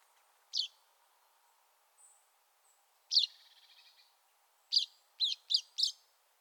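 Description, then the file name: Common chaffinch calls: a sharp high note, another with a soft rattling tail, then four clipped notes in quick succession. "Fringilla coelebs"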